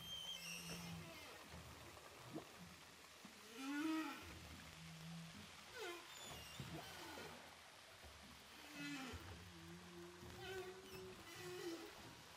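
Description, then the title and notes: Humpback whale song: varied moans, high harmonic cries and short upsweeps, with level hums held low, amid constant hissing sea noise. Humpback whales recorded underwater with a DPA hydrophone offshore of Saint-Paul, Réunion Island. "Whales sound by hydrophophone DPA saint paul, ile de la reunion. Baleines à bosse enregistrées à l'hydrophone DPA au large de saint Paul de la réunion"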